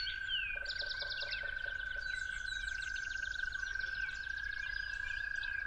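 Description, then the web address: Toad trill, one steady, unbroken high hum held throughout, with many songbirds chirping and trilling loudly over it. Toads calling at dawn. "musicofnature Toads at Dawn"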